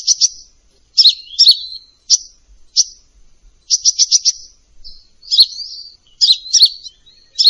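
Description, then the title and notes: Sunbird singing high, sharp chirps and clipped doubled notes, with short runs of quick ticks and lively twittering toward the end. Used as a lure for training birds; described as gacor, with full isian and tembakan song elements. "MASTERAN KOLIBRI NINJA FULL ISIAN DAN TEMBAKAN COCOK BUAT PANCINGAN. Suara Burung Kolibri Ninja Gacor"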